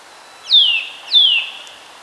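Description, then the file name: Eurasian nuthatch giving two loud, high, descending whistled calls about two-thirds of a second apart, each slurring down sharply then holding steady. "Sitta europaea"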